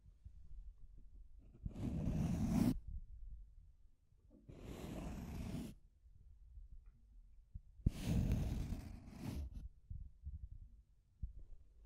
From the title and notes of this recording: Deep Scratching. (No Talking).